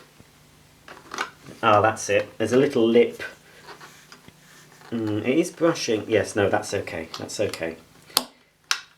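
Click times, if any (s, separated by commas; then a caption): 8.2 s, 8.7 s. An agitator brush roll is refitted into the cleaner head housing of a Nilco 271 upright vacuum cleaner, located at the front first under a small lip and then pushed down. Someone talks while faint handling knocks are heard, then two loud clicks at 8.2 s and 8.7 s as the brush roll locks into place.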